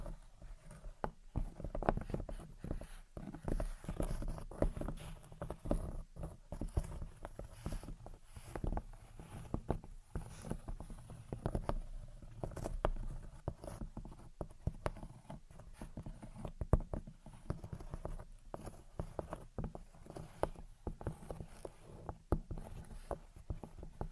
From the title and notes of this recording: Gentle Tapping and Scratching. (No Talking).